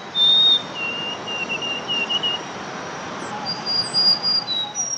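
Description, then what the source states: White-throated Sparrow song: a high clear whistle followed by a run of lower, evenly repeated whistled notes, then thin higher whistles. Male in Central Park, New York, on an April morning in spring; this bird alternates its own song with a copied warbler song.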